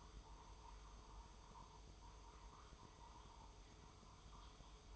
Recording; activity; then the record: daily activity, microphone in the room; make coffee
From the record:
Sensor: 1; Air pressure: 995.1 hPa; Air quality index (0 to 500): 34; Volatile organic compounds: 1 ppm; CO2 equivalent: 610 ppm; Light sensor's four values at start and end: 15/52/19/20 and 14/50/18/19